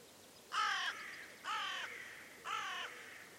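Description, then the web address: Bird giving three harsh, crow-like caws, each about a third of a second long, spaced roughly once per second. "cianscape. Deverinetal 2025. Bird Only"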